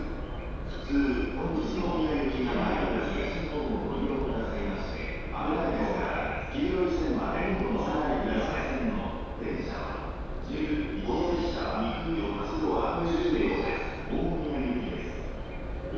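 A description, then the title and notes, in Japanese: A train ride on the Utsunomiya Line, with people talking almost nonstop through the whole stretch, mostly a man's voice. Underneath runs a steady low rumble that never lets up, and the overall sound is dull, lacking any crisp high end. 鉄道旅 宇都宮線 浦和→古河。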